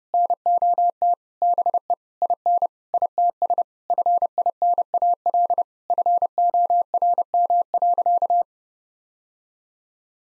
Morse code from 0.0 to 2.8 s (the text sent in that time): NOT BE IN